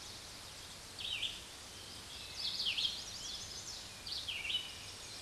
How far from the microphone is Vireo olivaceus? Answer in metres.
about 25 m